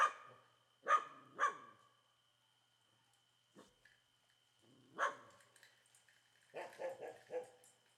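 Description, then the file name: Dog barks: loud barks early on, a single loud bark midway, then a quick run of several barks, with a thin steady tone underneath. Several dogs barking loudly in a quiet street in Comunidade do Moinho. "Cachorros Latindo forte em rua pouco movimentada na Comunidade do Moinho"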